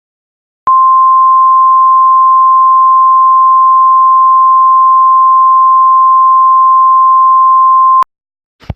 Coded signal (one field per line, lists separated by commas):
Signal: Emergency Alert System (SAME) tones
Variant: 1050 Hz attention tone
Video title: Eas Update #3